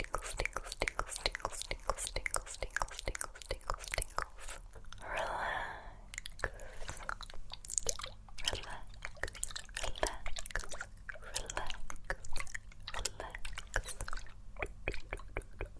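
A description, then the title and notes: Crackly scratching and face-touching sounds tick and rustle rapidly throughout, dense and bright with many sharp little clicks. Around five to six seconds a softer, smoother brushing swish takes over briefly before the crisp scratching returns. A faint steady low hum sits underneath. ASMR Tingly Face Touching & Invisible Scratches with Layered Sounds.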